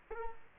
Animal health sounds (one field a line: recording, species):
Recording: mosquito wingbeat signal from an infrared sensor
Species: Culex quinquefasciatus